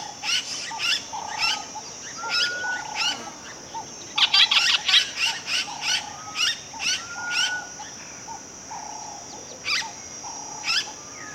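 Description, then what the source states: Birds calling: a series of short notes with sharp high chirps and a louder burst of rapid chatter midway, over a constant high hum. Intense bird singing in a West African countryside ambience.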